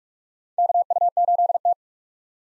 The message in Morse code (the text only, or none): KU8T